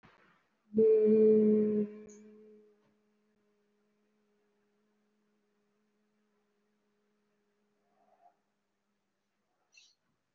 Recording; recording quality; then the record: sustained vowel as in made; moderate, slight background noise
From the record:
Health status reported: recovered from COVID-19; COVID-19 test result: positive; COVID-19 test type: RT-PCR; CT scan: taken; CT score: 0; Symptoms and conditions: breathing difficulty, asthma, another respiratory illness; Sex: female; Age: 65 years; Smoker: no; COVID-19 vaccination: none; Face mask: worn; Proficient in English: no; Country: India